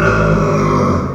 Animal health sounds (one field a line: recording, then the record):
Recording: squeal of a Yucatan mini pig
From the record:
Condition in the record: after surgery on the right vocal fold (resection and tissue-engineered implant)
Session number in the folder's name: 15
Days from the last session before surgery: 175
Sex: female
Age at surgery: 19 weeks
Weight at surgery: 25 kg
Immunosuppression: prednisolone